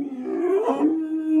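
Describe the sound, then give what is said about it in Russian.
A hungry predatory beast that has spotted its prey at night lets out a repeated, drawn-out roar, a sustained tonal howl that swells and wavers in pitch for about a second and a half, loud and alone with no talking. “Рев повторился. В нем слышалось нетерпение изголодавшегося хищника, завидевшего, наконец, добычу.”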